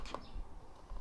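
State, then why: Not seated. A Vicseed portable table lamp body is handled over its magnetic charging base, with a brief sharp tick at 0.1 s and soft faint taps near 0.9 to 1.0 s over low background noise. Nothing has clicked into place or seated on the base yet.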